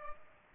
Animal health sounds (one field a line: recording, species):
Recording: mosquito wingbeat signal from an infrared sensor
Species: Culex pipiens